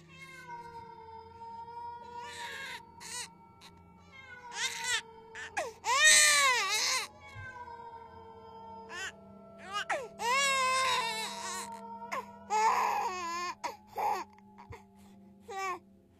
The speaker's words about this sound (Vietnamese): Ấy thế nhưng văng vẳng từ dưới vực vọng lên, lẫn trong tiếng gió, tôi có thể nghe rõ tiếng trẻ con khóc và tiếng con mèo rừng kêu gọi bầy đâu đây.